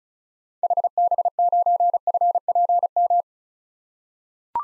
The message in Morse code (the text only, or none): HB9FPM